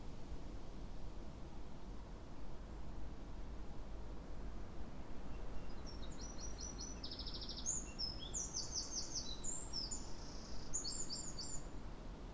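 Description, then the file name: Eurasian wren singing a fast, shrill series of trilled phrases and thin notes, over continuous low background noise. "Troglodytes troglodytes"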